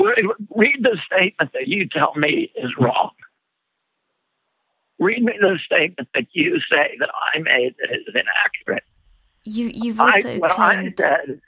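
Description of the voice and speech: A man repeats a short demand in a tight, strained, creaky voice with rough, broken vowels and a thin, effortful quality, followed briefly by another voice. This is spasmodic dysphonia, a condition of the muscles in the throat that leads to a shaking, strangled voice.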